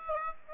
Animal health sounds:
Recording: mosquito wingbeat signal from an infrared sensor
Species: Aedes aegypti

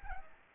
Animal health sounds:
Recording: mosquito wingbeat signal from an infrared sensor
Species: Aedes albopictus

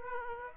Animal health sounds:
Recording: mosquito wingbeat signal from an infrared sensor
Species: Aedes aegypti

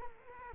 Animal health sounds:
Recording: mosquito wingbeat signal from an infrared sensor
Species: Culex quinquefasciatus

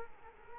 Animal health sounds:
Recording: mosquito wingbeat signal from an infrared sensor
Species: Culex quinquefasciatus

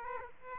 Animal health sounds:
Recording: mosquito wingbeat signal from an infrared sensor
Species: Aedes aegypti

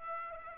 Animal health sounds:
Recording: mosquito wingbeat signal from an infrared sensor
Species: Aedes aegypti

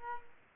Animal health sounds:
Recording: mosquito wingbeat signal from an infrared sensor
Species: Aedes aegypti

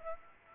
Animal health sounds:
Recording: mosquito wingbeat signal from an infrared sensor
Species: Aedes aegypti

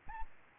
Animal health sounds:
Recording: mosquito wingbeat signal from an infrared sensor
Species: Aedes albopictus

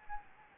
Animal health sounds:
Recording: mosquito wingbeat signal from an infrared sensor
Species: Anopheles gambiae

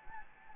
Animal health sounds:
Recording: mosquito wingbeat signal from an infrared sensor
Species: Anopheles gambiae

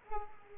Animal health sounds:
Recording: mosquito wingbeat signal from an infrared sensor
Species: Culex quinquefasciatus

